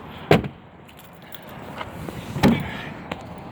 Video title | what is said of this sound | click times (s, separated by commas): DIY SUV Plywood Car Bed (Rav4) | this little cover just snaps into place | 0.3 s, 2.4 s